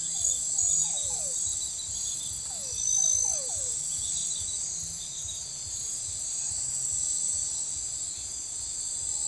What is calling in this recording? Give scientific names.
none